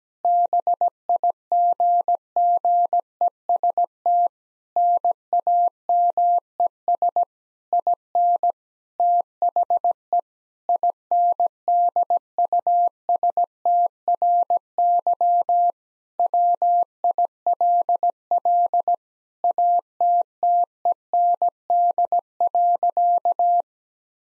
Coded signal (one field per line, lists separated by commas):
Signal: Morse code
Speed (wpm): 17 wpm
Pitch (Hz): 700 Hz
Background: none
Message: BIGGEST NAMES IN THE INDUSTRY WILL ATTEND.